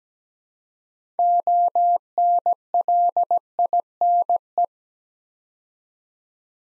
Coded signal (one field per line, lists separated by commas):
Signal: Morse code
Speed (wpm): 17 wpm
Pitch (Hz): 700 Hz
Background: none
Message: ONLINE